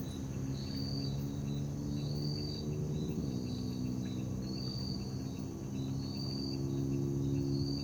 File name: Ambiencia parque da liberdade a noite com grilos, morcegos, moto longe e sapos